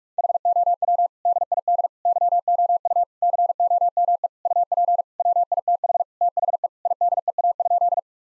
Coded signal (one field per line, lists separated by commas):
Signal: Morse code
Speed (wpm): 46 wpm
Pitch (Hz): 700 Hz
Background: none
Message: HOW DID YOU COME UP WITH THE IDEA?